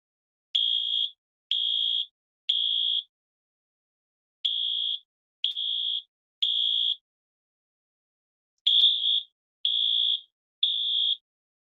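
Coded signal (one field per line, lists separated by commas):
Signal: alarm pattern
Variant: NFPA 72 temporal-3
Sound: harsh buzzing alarm tone in three groups of three half-second pulses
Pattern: temporal three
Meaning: Fire emergency; evacuate or relocate from the building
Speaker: if you haven't heard the temporal three pattern i will play it for you here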